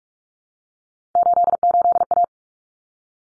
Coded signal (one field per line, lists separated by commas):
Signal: Morse code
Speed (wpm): 44 wpm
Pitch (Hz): 700 Hz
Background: none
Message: 88A